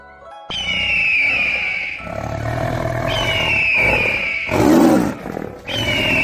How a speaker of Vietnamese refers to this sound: Ngoài hạp cốc, trong sương mù ẩn ước có thú ảnh to lớn hiển lộ, tiếng thú gào không ngừng truyền đến.